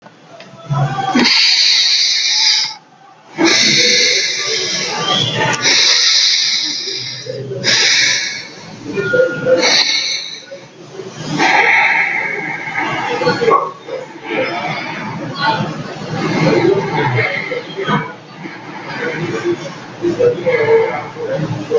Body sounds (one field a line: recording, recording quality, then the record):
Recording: deep breathing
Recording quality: excellent, no background noise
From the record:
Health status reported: healthy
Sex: male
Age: 21 years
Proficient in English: yes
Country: India